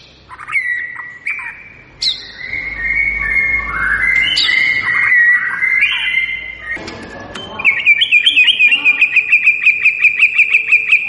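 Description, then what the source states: White-rumped shama song: a long run of varied whistled phrases, gliding and warbling, ending in a fast, even series of sharp repeated notes. Lure recording of a lively, vigorously singing (gacor) white-rumped shama, meant to make listening birds respond.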